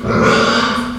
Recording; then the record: squeal of a Yucatan mini pig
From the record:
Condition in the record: after surgery on the right vocal fold (resection and tissue-engineered implant); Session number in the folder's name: 16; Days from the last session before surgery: 183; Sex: female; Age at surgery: 19 weeks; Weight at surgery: 25 kg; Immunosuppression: prednisolone